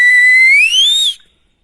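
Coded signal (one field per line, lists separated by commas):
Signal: whistled language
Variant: Silbo Gomero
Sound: one clear whistle held level then rising sharply in pitch, about one second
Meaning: An affirmative call, like saying yes or roger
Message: hey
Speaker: it would correspond to the very common term affirmative use in the military remote communications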